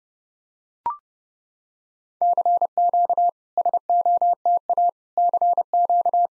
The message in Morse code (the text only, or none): CQ SOTA CQ